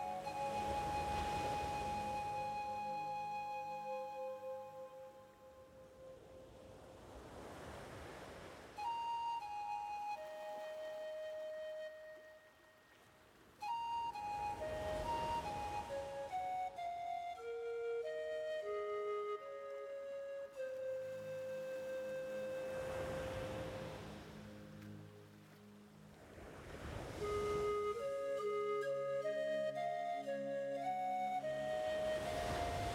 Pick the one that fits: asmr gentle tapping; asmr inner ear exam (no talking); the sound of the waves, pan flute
the sound of the waves, pan flute